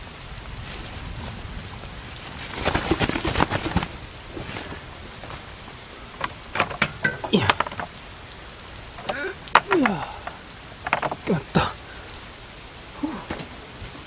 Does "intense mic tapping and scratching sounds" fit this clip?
no